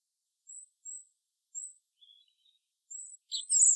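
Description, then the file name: European robin song: spaced, very high, thin whistled notes, each brief, ending in a sudden louder burst of warbling. "Erithacus rubecula"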